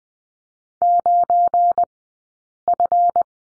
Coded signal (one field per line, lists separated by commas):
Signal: Morse code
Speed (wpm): 20 wpm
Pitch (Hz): 700 Hz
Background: none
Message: 9F